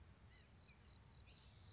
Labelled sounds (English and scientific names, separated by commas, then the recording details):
White-breasted Nuthatch (Sitta carolinensis)
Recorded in Sonoma County, California